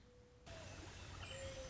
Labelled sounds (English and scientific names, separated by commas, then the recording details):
Mourning Dove (Zenaida macroura)
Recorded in Sonoma County, California